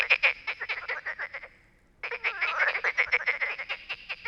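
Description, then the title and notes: Frogs call in rapid rattling croaks, a short pause, then a dense overlapping chorus resumes. Many frogs calling all night at a small pond by the Loire near Bréhémont, France; ignored recordist's attempts to make them answer; call when distant freight trains pass; Oktava MK012 ORTF, MixPre, Zoom H4n. "37130 Bréhémont, France - Trying to communicate with Frogs. Nous avions établis le camp à coté d'un étang peuplé de grenouilles qui se sont mise à chanter toute la nuit. Elles se mettent cependant à chanter lorsqu'un train de marchandises passe au loin. A little pond next to the river Loire"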